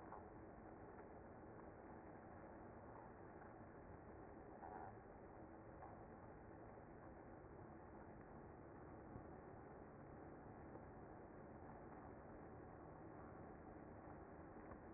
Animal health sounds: honeybee colony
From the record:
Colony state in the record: active

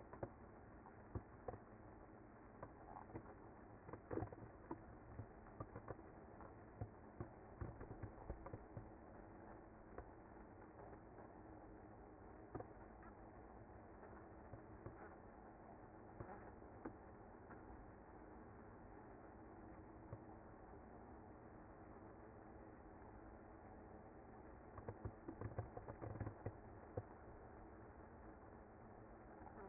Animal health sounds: honeybee colony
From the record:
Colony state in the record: active

